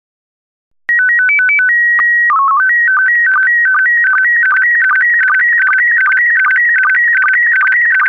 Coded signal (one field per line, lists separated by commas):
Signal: SSTV (slow-scan television)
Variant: PD 50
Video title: Daily Minutes, 23 december 2018 (NIeuws, 4 kerst-SSTV-beelden)